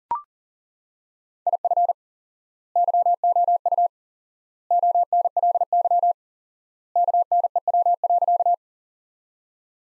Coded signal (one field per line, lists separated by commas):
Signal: Morse code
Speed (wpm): 37 wpm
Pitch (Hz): 700 Hz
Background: none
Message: IF YOU ONLY KNEW.